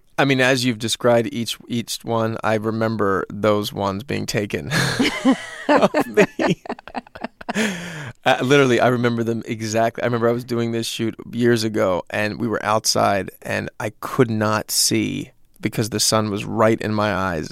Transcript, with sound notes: I mean as you've described each one, I remember those ones being taken of me.
(LAUGHTER)
Literally, I remember them exactly. I remember I was doing this shoot years ago and we were outside and I could not see because the sun was right in my eyes